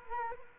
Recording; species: mosquito wingbeat signal from an infrared sensor; Culex quinquefasciatus